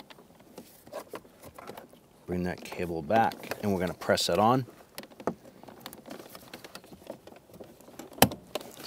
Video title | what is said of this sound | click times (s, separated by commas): How to Replace Shift Interlock Latch 2005-2010 Chrysler 300 | snap it into place now go to the back side of the cable end here I'm going to line this up | 8.2 s